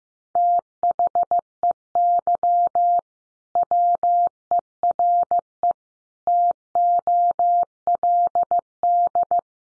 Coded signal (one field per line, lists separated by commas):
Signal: Morse code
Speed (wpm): 15 wpm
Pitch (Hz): 700 Hz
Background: none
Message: THEY WERE TOLD